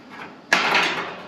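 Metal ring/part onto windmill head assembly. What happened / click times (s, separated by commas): The metal part was driven fully home / 0.5 s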